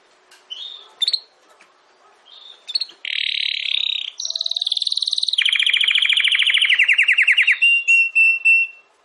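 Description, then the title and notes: Domestic canary song: a few short chirps, then buzzy sustained rolls in steps at different pitches, ending in a fast throbbing trill and a thin whistle. Belgian canary singing; the bird or its song is called Campainha. "Canário Belga Campainha Canary Singing. Canario Belga Cantando"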